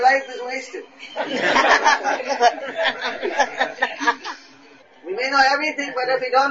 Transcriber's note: laugh